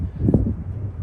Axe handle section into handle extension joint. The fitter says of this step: So that clips in place like that.